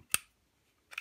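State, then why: Seated. A magazine release for a Sig Sauer P320/P365 pistol is slid back into its polymer grip module until it catches. A sharp, bright click at 0.1 s marks it seating, followed by a softer double tick near 0.9–1.0 s. The magazine release is seated in the grip module.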